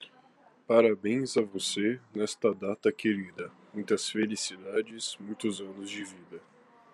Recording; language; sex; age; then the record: short text; Brazilian Portuguese; male; 18 to 19 years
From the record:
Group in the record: control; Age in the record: 18 years